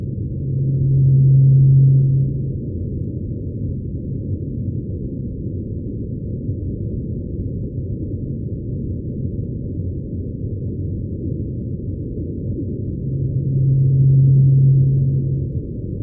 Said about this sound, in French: Alors, on va l'écouter. Oui, on va l'écouter. Alors, vous allez voir, ça ressemble beaucoup à la baleine blanche antarctique, mais c'est juste la première note. Et puis, c'est répété comme ça aussi pendant des minutes et des heures.